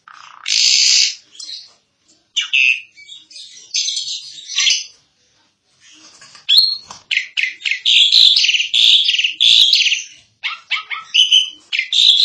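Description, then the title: Starling singing in broken phrases of high chattering, buzzy and whistled notes, with short silences between bursts. "Jalak01"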